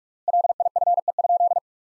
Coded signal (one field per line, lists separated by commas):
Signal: Morse code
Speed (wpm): 46 wpm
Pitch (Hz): 700 Hz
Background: none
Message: LIFE?